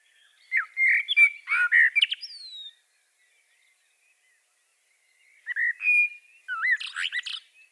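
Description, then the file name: Common blackbird song, a mellow warbling phrase of looping whistles with a thin high flourish, silence for over two seconds, then a second fluty phrase ending in twittering. "Turdus merula"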